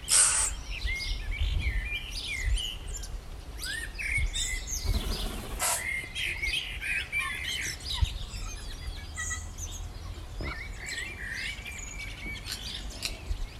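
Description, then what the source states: Birds in a busy chorus, high twittering and slurred whistles overlapping throughout, with brief louder chirps and a constant low background rumble. Morning birdsong.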